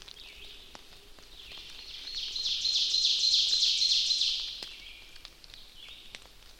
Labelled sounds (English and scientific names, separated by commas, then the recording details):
Ovenbird (Seiurus aurocapilla) song
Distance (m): 30 m
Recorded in boreal forest in Alberta, Canada, on 29 May 2016 at 06:02
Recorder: SongMeter 3, array SBT-3-49
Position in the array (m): 70 m, 253 m
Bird 14